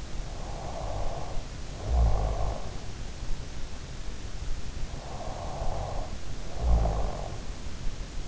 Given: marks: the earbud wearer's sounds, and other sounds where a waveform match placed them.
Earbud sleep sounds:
sounds in sleep by an in-ear microphone; snoring breath
0.05-2.84 s: snoring breath
3.86-7.58 s: snoring breath

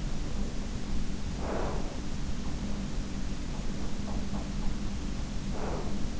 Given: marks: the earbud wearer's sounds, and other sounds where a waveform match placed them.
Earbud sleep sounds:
sounds in sleep by an in-ear microphone; breath
0.16-2.24 s: breath
3.79-6.20 s: breath

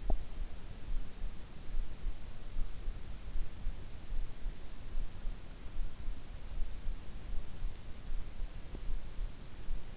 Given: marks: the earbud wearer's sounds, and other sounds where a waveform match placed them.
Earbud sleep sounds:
sounds in sleep by an in-ear microphone; teeth grinding
0.00-0.19 s: teeth grinding

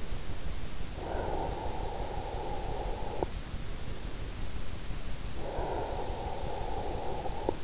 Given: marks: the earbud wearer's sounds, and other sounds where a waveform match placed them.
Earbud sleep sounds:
sounds in sleep by an in-ear microphone; breath
0.65-3.65 s: breath
4.65-7.64 s: breath

